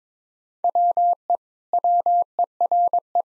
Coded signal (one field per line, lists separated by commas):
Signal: Morse code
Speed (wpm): 21 wpm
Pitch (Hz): 700 Hz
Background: none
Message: WE WERE